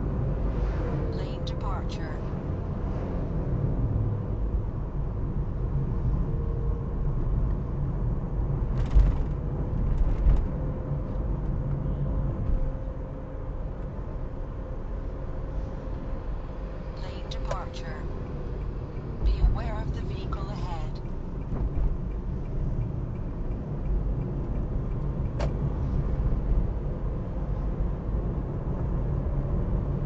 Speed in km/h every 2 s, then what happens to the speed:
53, 48, 48, 46, 46, 46, 46, 48, 50, 52, 41, 35, 38, 38, 40.
0-6 slows to 46. 6-18 steady at about 46. 18-21 brakes to 35. 21-30 steady at about 38.